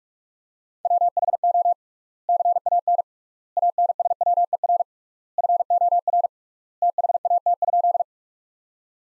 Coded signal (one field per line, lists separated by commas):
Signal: Morse code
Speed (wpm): 41 wpm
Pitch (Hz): 700 Hz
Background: none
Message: WHO CAN ANSWER FOR THAT?